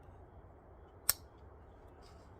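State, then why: Seated. The blade of a vintage Schrade/Uncle Henry slipjoint pocketknife is closed into its handle and snaps home against the backspring with a single sharp, bright click at 1.1 s, with no half stop. Only a low, steady background hum is heard around it, and the blade seats with a good snap.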